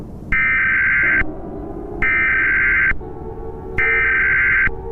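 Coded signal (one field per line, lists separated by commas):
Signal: Emergency Alert System (SAME) tones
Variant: header bursts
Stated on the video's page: Fictional EAS scenario.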